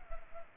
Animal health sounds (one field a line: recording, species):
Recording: mosquito wingbeat signal from an infrared sensor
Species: Culex pipiens